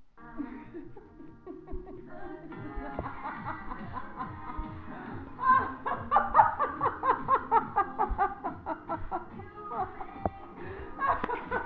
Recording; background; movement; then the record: laughter; music; walking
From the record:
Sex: female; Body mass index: 21.8 kg/m2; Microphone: on the chest, facing the body